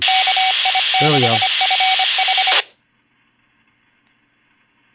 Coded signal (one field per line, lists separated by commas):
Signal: Morse code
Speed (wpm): 25 wpm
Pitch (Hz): 760 Hz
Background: speech, radio noise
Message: KI6FH